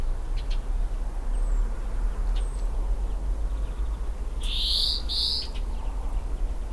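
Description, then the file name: Greenfinch wheezes near the end: two nasal, slightly rising buzzy notes in quick succession after a quiet stretch with faint ticks, over low rumbling noise. "Chloris chloris"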